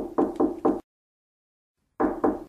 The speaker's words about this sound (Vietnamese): Tôi gõ một cánh cửa.